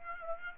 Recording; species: mosquito wingbeat signal from an infrared sensor; Aedes aegypti